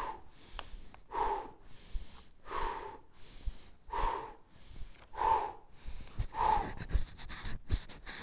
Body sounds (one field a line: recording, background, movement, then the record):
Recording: deep breathing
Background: quiet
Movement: sitting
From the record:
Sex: male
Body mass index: 22.0 kg/m2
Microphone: on the chest, facing outward